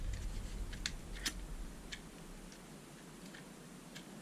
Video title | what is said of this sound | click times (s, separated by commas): HOLY STONE HS161. 1st Look & Overview | Arms do lock into place. | 0.9 s